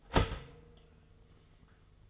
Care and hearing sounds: daily activity, microphone in the room; start toaster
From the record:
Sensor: 4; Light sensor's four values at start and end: 4/8/3/3 and 4/8/3/3

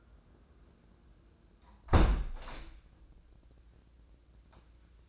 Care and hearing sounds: daily activity, microphone in the room; close window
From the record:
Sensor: 2

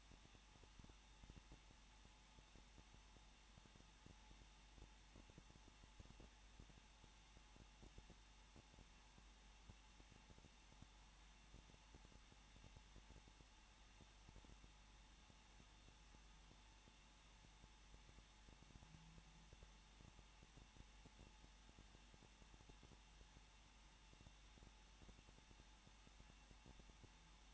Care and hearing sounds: daily activity, microphone in the room; no activity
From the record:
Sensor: 1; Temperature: 20.1 degrees Celsius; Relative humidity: 39.4%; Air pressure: 1006.4 hPa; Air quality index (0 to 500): 219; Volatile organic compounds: 81 ppm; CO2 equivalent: 3617 ppm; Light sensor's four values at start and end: 1/2/1/1 and 1/2/1/1

